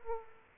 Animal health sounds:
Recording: mosquito wingbeat signal from an infrared sensor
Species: Aedes aegypti

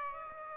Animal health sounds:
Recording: mosquito wingbeat signal from an infrared sensor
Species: Aedes aegypti

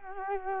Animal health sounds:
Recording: mosquito wingbeat signal from an infrared sensor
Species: Culex quinquefasciatus

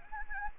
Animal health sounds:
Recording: mosquito wingbeat signal from an infrared sensor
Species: Anopheles gambiae

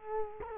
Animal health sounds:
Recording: mosquito wingbeat signal from an infrared sensor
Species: Culex quinquefasciatus

